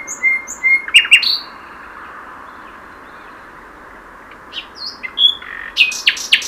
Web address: SETE Luscinia megarhynchos